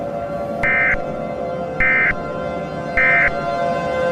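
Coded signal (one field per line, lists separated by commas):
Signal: Emergency Alert System (SAME) tones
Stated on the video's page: Fictional EAS mini scenario.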